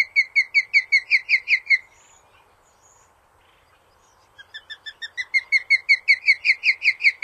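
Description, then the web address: Osprey calls, a rapid series of high, sharp whistled chirps repeated about five times a second, pausing midway before resuming. North America. "Songs of Birds of North America Stokes. Osprey"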